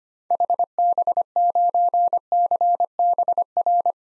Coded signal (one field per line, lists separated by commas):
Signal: Morse code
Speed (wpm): 25 wpm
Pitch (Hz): 700 Hz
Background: none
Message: HB9CBR